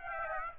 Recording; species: mosquito wingbeat signal from an infrared sensor; Aedes aegypti